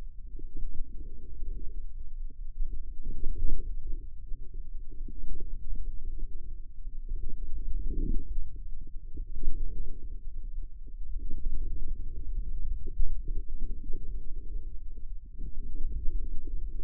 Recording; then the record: forearm muscle sounds (acoustic myography)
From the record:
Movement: inward rotation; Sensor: system 2, bracelet of six BSWA MPA416 microphones around the upper forearm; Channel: 5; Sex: male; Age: 22 years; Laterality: right